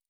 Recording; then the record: hydrophone in a shrimp aquaculture tank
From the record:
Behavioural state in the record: normal